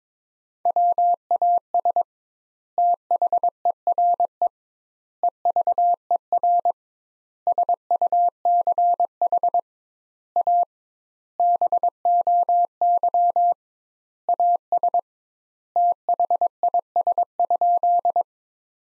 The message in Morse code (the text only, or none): WAS THERE EVER SUCH A BOY AS THIS?